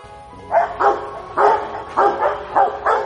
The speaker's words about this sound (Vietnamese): Vài con chó bị mất ngủ bắt đầu sủa loạn vang cả dãy phố.